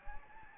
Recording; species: mosquito wingbeat signal from an infrared sensor; Anopheles gambiae